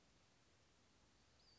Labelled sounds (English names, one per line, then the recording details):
Western Flycatcher
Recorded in Sonoma County, California